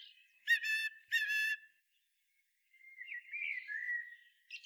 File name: Turdus merula